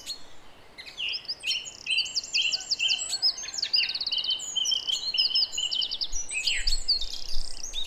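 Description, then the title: Song thrush giving a steady sequence of chattering and whistled phrases, each motif repeated several times. Recorded at 06h in Durenne. "Zanglijster 06h Durenne"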